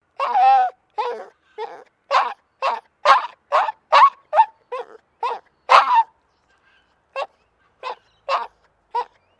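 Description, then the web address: Maltese dog giving distressed whines: short, pitched yelping whimpers repeated in fast irregular runs, thinning out to sparse single cries near the end. Small dog in a distressed state. "Sound Effects-Foundation 2 DOG MALTESE TERRIER DISTRESSED WHINE"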